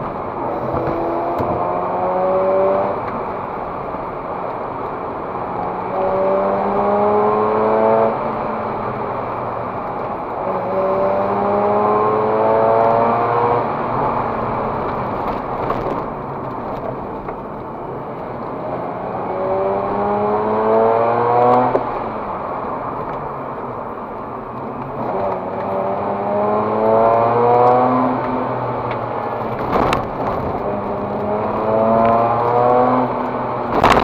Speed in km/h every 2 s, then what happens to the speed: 82, 93, 85, 88, 103, 93, 106, 107, 71, 67, 87, 91, 68, 72, 88, 73, 90.
0-2 speeds up to 93. 5-7 speeds up to 103. 10-13 speeds up to 107. 14-17 brakes to 67. 18-21 speeds up to 91. 22-24 brakes to 68. 24-27 speeds up to 88. 30-34 speeds up to 90.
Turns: 14-19, 24-32.